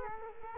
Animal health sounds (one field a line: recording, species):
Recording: mosquito wingbeat signal from an infrared sensor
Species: Culex quinquefasciatus